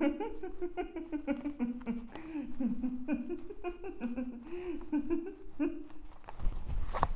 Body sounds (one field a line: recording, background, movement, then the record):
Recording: laughter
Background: quiet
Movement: sitting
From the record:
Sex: female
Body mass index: 36.4 kg/m2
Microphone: on the chest, facing outward